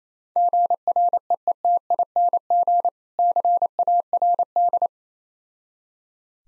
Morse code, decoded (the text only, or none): GREETING CARD